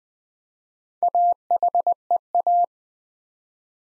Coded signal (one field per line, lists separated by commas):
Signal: Morse code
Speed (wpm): 20 wpm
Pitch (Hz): 700 Hz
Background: none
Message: AHEA